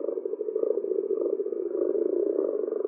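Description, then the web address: Common frog croaking, a steady low purring chorus of rapid pulses that continues without a break throughout. "Common or Grass Frog"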